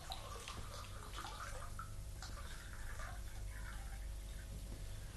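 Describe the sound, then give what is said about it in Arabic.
Water carried from a spring in the desert splashes and trickles continuously as it is poured, with bright irregular sloshing and pouring sounds over a steady low rumble, no voices. “انا حملهولك من العين دي الجايه. هو دي ميه.”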